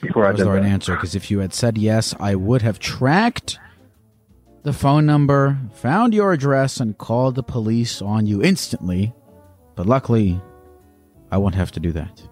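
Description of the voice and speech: A single adult man speaks in a low, steady voice, fluent and clearly articulated, with natural pauses between phrases. This is ordinary conversational speech with no sign of a speech or voice disorder.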